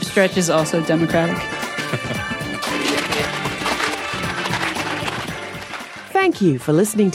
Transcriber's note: laughter and applause